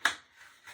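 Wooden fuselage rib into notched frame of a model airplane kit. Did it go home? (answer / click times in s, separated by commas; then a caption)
yes / 0.1 s. A laser-cut wooden rib for a Meister F4U Corsair model airplane fuselage is pressed down into the notches of its frame. A sharp snap sounds at 0.1 s, followed by fainter rustling and a softer tap near 0.7 s. The rib is seated and locked in place.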